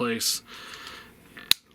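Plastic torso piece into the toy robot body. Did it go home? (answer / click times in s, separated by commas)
yes / 1.5 s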